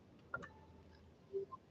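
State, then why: Seated. A threaded bobbin case is pushed back into the hook of a vintage 1970s Japanese Kenmore 1231 sewing machine, with the thread kept on the left side of the finger. A sharp snap at 0.3 s is followed by a softer click just after, then a brief low rub and a small tick near the end. The bobbin case snaps back in and is seated.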